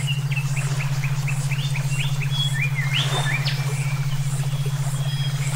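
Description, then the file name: Songbird giving a series of short, evenly spaced chirps, followed by a few sweeping notes, over a steady low pulsing drone. Brainwave therapy for training songbirds (omkicau). "terapi brainwave omkicau"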